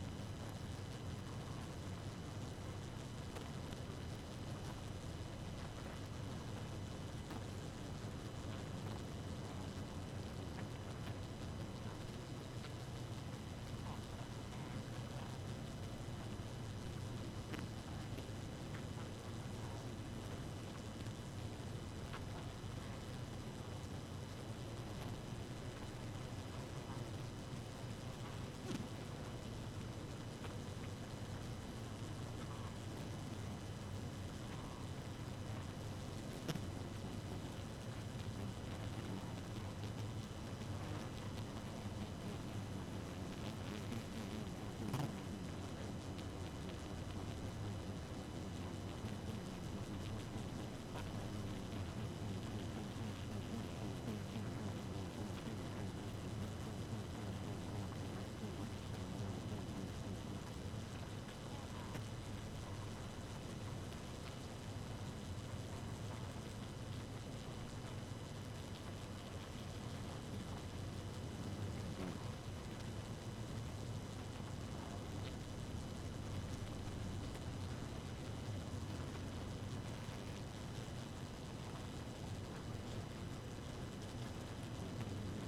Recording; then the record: honeybee colony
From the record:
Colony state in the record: active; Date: 12 June 2018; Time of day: 1:48